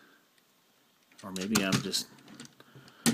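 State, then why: Seated. A plastic flip-up wheel on a transforming cement mixer toy is flipped up and pegged into the toy's body; it had seemed like it would not lock. Someone talks, small plastic handling ticks follow, and a sharp plastic snap at 3.1 s shows the wheel seating into place, now firm.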